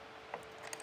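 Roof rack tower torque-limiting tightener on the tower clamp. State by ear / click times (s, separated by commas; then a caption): torque reached / 0.3 s, 0.7 s. The torque-limiting tightener on the tower clamp of a Thule WingBar Edge roof rack for naked roofs, mounted on a 2023 Nissan Rogue, is tightened against a low steady background. Two short, sharp clicks sound at 0.3 s and 0.7 s, showing the tower is tightened all the way to its set torque.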